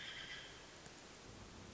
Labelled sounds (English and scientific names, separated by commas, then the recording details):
Hermit Thrush (Catharus guttatus)
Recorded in Sonoma County, California